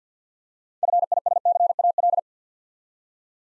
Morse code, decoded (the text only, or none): FISCAL